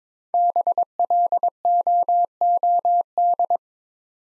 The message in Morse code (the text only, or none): BLOOD